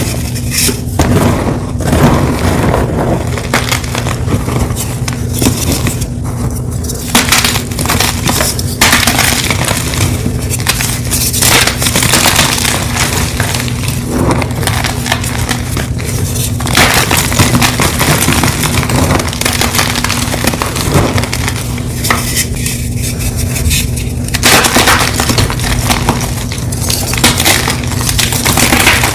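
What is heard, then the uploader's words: Gym chalk being crushed en masse, a dense, continuous gritty crunching and crinkling throughout, with a steady low hum underneath. 100 Blocks Gym Chalk Mass Crush.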